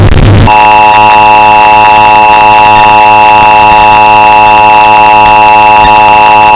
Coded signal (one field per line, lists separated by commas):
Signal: Emergency Alert System (SAME) tones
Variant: 853 and 960 Hz attention tone